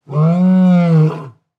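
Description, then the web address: Lion roaring: one deep, sustained roar with a steady low pitch and rich layered overtones, lasting just over a second before ending. Long roar. "Blastwave ANIMALS Lion Roar Long"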